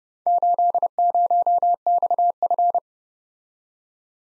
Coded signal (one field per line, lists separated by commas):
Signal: Morse code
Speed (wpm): 30 wpm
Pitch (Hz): 700 Hz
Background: none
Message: 80XF